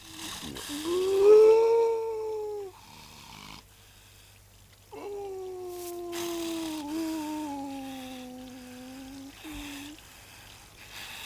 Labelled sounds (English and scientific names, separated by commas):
Grey Seal (Halichoerus grypus)